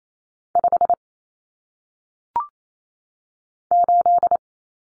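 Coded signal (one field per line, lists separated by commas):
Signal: Morse code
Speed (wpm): 28 wpm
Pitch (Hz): 700 Hz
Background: none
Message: 5 8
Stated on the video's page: 28 WPM head-copy drill of single-digit numbers, each sent in Morse, spoken, then sent again.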